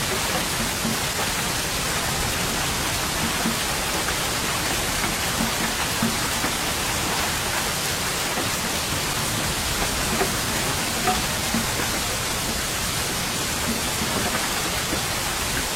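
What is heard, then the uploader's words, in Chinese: Steady, dense rainfall hisses evenly throughout, a constant bright wash of fine drops with no distinct events or changes. 3D白噪音 下雨声。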